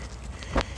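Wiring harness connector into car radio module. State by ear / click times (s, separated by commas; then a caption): seated / 0.6 s. A plastic wiring harness connector, locking tooth facing up, is pushed into the back of a car radio/XM module and snaps home with a sharp click at 0.6 s, after a softer tick at 0.4 s. The tooth is now locked and the connector will not pull out.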